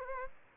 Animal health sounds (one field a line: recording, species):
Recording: mosquito wingbeat signal from an infrared sensor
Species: Aedes aegypti